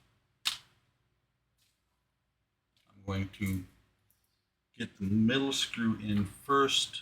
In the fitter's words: just to get it to lock into place